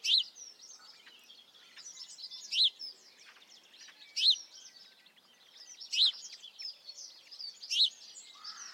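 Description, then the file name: House sparrow chirps, short and sharp, recurring about every two seconds over a steady background of softer chatter. "Passer domesticus"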